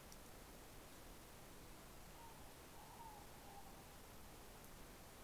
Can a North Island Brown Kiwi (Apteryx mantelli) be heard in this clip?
no